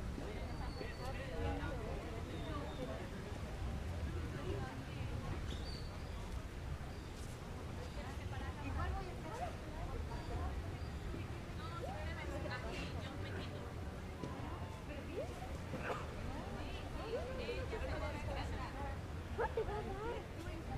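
People chat in a steady overlapping babble of voices, with a constant low rumbling wash of ocean waves running underneath throughout.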